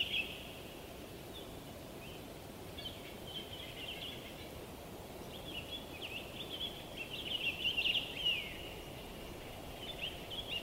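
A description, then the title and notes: Winter woods with a steady low rushing of wind filling the background throughout. Small birds chirp and twitter in a bright, high band, sparse at first and busier from about seven to nine seconds. The changing weather of the woods in winter.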